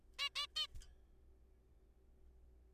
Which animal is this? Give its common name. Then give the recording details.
Zebra Finch. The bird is a juvenile. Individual R3428